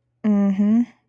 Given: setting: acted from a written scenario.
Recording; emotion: vocal sound without words; neutral